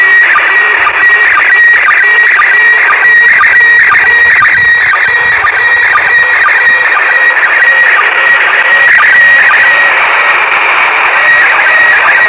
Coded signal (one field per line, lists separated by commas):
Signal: SSTV (slow-scan television)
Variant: PD 120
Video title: ISS SSTV, 14:20.21 JULY 2017